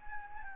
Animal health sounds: mosquito wingbeat signal from an infrared sensor; Anopheles gambiae

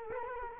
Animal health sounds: mosquito wingbeat signal from an infrared sensor; Culex quinquefasciatus

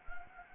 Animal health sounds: mosquito wingbeat signal from an infrared sensor; Anopheles gambiae

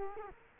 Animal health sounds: mosquito wingbeat signal from an infrared sensor; Culex quinquefasciatus

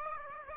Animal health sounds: mosquito wingbeat signal from an infrared sensor; Aedes aegypti

